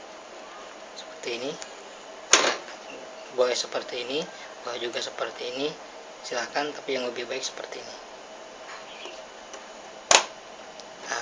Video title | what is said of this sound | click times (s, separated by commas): Tugas Tahap Perkuliahan Ke 1 D | si kaki-kaki ini sudah terdengar suara klik maka | 10.2 s